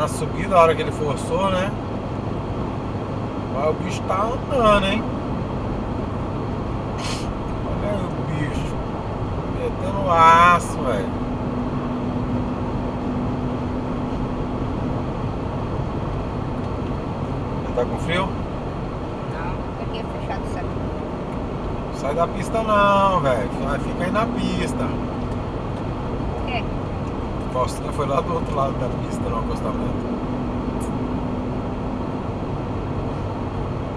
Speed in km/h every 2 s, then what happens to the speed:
97, 97, 97, 97, 97, 93, 94, 95, 95, 89, 88, 91, 93, 94, 91, 91, 95.
0-16 steady at about 97. 16-20 slows to 88. 20-34 steady at about 91.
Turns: none.